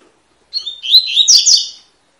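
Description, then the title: Double-collared seedeater song: one bright, fast phrase of just over a second, sliding whistles followed by buzzy, twittering notes, with nothing else audible. Tui-tui song style of fibra-quality bird, used as a teacher song for training young birds. "COLEIRO TUI TUI FIBRA CANTO PROFESSOR"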